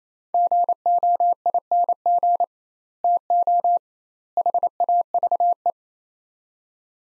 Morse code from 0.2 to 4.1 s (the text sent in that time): GOING TO